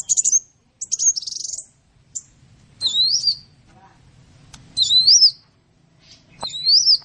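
Bird song, high whistled chirps and twisting warbled phrases separated by pauses of a second or two, with faint low background noise.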